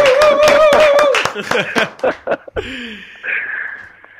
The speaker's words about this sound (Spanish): Bueno, pues genial, pues vaya pedazo de agenda, yo creo que merece un aplauso, ¿no? ¡Qué grande!